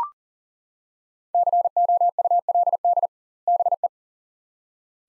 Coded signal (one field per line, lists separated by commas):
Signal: Morse code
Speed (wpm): 37 wpm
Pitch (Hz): 700 Hz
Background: none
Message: COULD BE